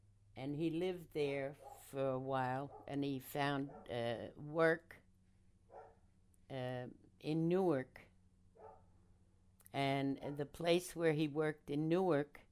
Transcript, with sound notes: and he lived there for a while and he found work [dogs barking] in Newark and the place where he worked in Newark.